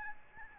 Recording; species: mosquito wingbeat signal from an infrared sensor; Aedes albopictus